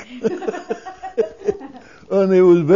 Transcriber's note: they laugh